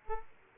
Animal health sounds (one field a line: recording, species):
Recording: mosquito wingbeat signal from an infrared sensor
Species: Aedes aegypti